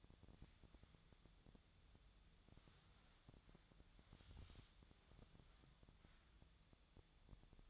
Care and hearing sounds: daily activity, microphone in the room; wipe stove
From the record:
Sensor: 3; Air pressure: 1004.8 hPa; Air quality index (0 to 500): 79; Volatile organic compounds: 2 ppm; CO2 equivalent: 1199 ppm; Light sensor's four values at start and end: 8/18/7/7 and 8/18/7/7

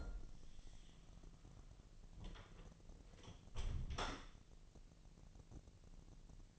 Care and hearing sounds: daily activity, microphone in the room; close door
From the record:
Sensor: 4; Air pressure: 1002.1 hPa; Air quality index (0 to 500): 248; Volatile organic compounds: 41 ppm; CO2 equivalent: 3163 ppm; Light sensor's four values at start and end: 9/21/8/7 and 10/22/8/8

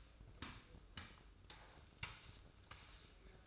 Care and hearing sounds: daily activity, microphone in the room; sweep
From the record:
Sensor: 2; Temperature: 24.2 degrees Celsius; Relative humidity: 31.4%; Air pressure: 995.8 hPa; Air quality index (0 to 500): 93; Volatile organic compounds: 5 ppm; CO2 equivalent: 1716 ppm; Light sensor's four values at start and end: 23/71/28/27 and 20/59/24/23

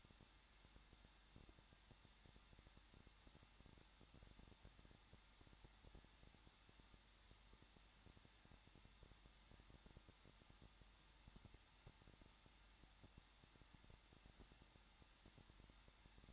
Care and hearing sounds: daily activity, microphone in the room; no activity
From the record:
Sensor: 3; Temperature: 21.2 degrees Celsius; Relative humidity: 36.4%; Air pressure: 1006.4 hPa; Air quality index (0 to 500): 223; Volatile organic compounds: 43 ppm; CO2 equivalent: 3191 ppm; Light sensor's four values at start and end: 2/3/2/2 and 2/3/2/2

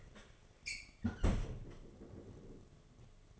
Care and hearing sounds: daily activity, microphone in the room; close fridge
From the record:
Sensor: 4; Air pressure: 1005.4 hPa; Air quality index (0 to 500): 177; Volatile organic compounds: 5 ppm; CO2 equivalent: 1742 ppm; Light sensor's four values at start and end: 5/10/4/3 and 6/12/4/4

